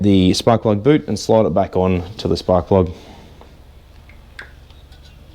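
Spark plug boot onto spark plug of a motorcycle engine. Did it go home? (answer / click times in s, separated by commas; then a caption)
yes / 4.4 s. Someone talks while the rubber spark plug boot is slid back onto the spark plug of a Yamaha TTR110 small motorbike engine. It is pushed on until a sharp click at 4.4 s, with faint small knocks around it. The boot is seated and nice and secure.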